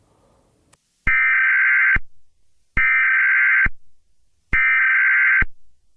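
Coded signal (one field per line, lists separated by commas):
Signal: Emergency Alert System (SAME) tones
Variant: header bursts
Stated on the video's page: Fictional EAS scenario, not a real alert.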